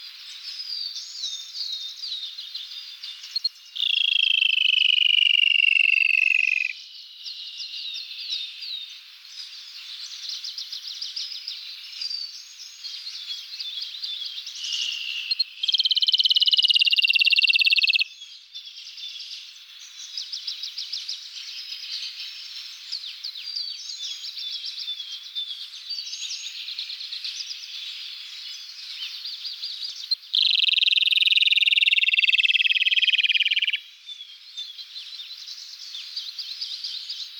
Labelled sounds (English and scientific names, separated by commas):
Rufous-tailed Robin (Luscinia sibilans) song